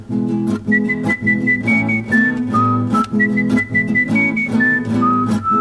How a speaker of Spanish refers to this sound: Bueno, ¿y esos chiflidos qué?